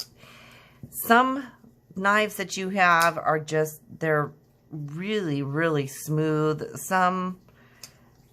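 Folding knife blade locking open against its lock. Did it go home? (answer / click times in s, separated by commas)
yes / 7.8 s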